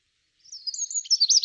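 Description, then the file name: Eurasian wren giving a burst of high, fast twittering notes that grows louder toward the end, cut off abruptly. "Troglodytes troglodytes"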